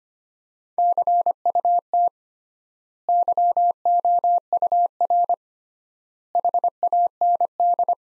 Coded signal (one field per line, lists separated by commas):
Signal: Morse code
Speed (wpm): 25 wpm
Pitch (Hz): 700 Hz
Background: none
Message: CUT YOUR HAND